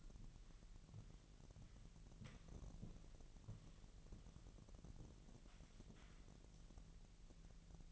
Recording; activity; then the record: daily activity, microphone in the room; walk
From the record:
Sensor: 4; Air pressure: 1002.9 hPa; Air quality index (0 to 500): 248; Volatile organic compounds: 27 ppm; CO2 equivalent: 2896 ppm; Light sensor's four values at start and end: 8/18/7/7 and 8/18/7/7